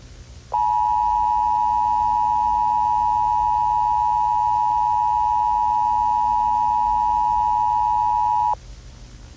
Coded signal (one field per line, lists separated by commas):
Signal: Emergency Alert System (SAME) tones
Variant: 853 and 960 Hz attention tone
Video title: 2011 National EAS Hijack - A Short EAS Scenario